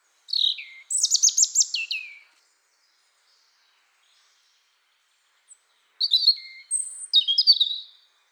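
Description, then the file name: European robin song: two bursts of high, sweet twittering notes and quick trills, separated by several seconds of silence. "Erithacus rubecula"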